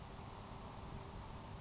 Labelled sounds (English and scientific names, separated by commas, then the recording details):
Grasshopper Sparrow (Ammodramus savannarum)
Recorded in Sonoma County, California